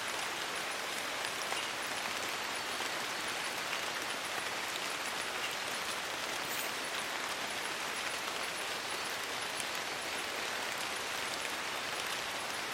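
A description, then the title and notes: Gentle rain falls steadily in a rainforest, a dense, even hiss with a faint high insect whine running throughout and no distinct breaks. Sony PCM A10 and Lom MikroUsi micropohones. Borneo rainforest - Calm Rain.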